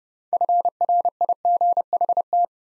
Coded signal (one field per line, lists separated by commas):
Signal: Morse code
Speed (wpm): 30 wpm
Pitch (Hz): 700 Hz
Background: none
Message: FRIGHT